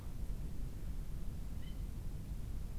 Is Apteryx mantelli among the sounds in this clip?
no